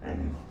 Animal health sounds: pig call; growing-finishing pig (85 days or more)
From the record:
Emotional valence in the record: negative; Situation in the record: barren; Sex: female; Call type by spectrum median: low-frequency call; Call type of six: low-frequency stable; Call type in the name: low-frequency stable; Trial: 1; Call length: 0.51 s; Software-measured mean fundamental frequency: 69 Hz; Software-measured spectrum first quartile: 83 Hz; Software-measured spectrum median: 200 Hz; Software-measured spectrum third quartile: 415 Hz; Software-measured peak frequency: 256 Hz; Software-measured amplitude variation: 137 dB a second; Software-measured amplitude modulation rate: 24.6 a second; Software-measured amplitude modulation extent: 5.6 dB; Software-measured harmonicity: -4.1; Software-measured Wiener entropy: -0.06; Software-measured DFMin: 1090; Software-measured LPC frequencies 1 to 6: 1765, 2787, 3822, 4677, 5434, 6096 Hz

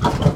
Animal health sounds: pig call; growing-finishing pig (85 days or more)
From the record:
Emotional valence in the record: positive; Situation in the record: run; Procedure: transit

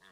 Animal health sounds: pig call; piglet (1 to 25 days)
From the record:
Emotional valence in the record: positive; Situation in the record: short reunion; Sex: male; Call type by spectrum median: low-frequency call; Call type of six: low-frequency tonal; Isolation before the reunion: 3 minutes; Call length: 0.11 s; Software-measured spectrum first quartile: 1318 Hz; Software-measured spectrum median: 1935 Hz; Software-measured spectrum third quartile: 3962 Hz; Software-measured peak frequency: 1740 Hz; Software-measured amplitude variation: 32 dB a second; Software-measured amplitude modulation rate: 4.5 a second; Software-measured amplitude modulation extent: 7.2 dB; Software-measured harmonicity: 0.1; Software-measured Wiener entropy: -1.06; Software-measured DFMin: 796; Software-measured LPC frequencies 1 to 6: 1090, 1755, 3473, 5030, 5781, 6885 Hz

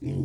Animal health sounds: pig call; weaner (32 to 43 days)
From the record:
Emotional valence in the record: positive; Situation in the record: positive conditioning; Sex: female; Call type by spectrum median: low-frequency call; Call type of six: low-frequency stable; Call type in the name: low-frequency stable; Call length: 0.24 s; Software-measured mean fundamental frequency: 46 Hz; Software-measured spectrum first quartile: 131 Hz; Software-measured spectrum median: 195 Hz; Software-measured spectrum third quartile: 319 Hz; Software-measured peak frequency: 301 Hz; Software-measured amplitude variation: 131 dB a second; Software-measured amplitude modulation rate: 26.6 a second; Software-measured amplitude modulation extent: 4.9 dB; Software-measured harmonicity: 0.4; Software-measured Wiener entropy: -0.37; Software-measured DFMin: 1346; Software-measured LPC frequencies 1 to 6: 271, 2282, 3197, 4311, 5031, 5700 Hz

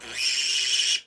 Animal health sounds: pig call; piglet (1 to 25 days)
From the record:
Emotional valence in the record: negative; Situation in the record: restrain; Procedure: sham castration, cut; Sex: male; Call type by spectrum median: high-frequency call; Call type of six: high-frequency modulated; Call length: 1.07 s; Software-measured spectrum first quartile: 2898 Hz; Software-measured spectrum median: 4249 Hz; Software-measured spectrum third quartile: 5851 Hz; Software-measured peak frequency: 2988 Hz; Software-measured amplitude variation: 115 dB a second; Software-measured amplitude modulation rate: 22.0 a second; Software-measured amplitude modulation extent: 5.2 dB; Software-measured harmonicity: 3.3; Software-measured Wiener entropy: -2.02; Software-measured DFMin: 846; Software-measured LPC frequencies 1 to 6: 2971, 4460, 5520, 6417, 7449, 8595 Hz

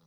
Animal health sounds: pig call; piglet (1 to 25 days)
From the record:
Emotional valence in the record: positive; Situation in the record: short reunion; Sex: male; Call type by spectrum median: low-frequency call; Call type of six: low-frequency tonal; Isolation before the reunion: 3 minutes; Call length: 0.08 s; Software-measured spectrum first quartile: 197 Hz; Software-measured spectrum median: 658 Hz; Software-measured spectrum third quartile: 3468 Hz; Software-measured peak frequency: 155 Hz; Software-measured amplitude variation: 28 dB a second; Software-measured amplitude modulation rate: 12.9 a second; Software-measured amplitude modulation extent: 2.2 dB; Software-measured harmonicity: 7.0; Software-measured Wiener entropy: -2.92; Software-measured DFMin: 753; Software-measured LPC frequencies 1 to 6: 1193, 3953, 4841, 5757, 7028, 8261 Hz

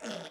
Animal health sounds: pig call; piglet (1 to 25 days)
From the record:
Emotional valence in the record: negative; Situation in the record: restrain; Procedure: in the arms of a person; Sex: male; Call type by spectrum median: low-frequency call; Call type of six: low-frequency tonal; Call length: 0.30 s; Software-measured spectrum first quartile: 460 Hz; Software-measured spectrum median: 1155 Hz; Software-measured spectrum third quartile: 3243 Hz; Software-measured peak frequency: 617 Hz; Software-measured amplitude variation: 116 dB a second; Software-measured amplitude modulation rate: 18.1 a second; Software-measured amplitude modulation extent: 6.4 dB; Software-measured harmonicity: 1.1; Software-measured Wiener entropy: -1.43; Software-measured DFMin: 947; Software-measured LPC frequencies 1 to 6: 575, 1504, 2860, 3412, 4392, 5365 Hz

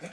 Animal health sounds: pig call; piglet (1 to 25 days)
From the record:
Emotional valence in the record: negative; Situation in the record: missed nursing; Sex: male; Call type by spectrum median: low-frequency call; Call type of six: low-frequency modulated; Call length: 0.13 s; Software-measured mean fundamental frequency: 90 Hz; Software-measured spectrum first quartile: 382 Hz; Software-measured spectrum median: 885 Hz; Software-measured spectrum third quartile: 2868 Hz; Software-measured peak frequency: 518 Hz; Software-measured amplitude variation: 147 dB a second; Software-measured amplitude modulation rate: 11.9 a second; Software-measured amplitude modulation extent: 12.3 dB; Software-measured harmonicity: 2.7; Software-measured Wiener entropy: -1.18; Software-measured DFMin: 970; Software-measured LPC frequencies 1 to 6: 535, 1600, 2341, 3477, 4482, 5234 Hz

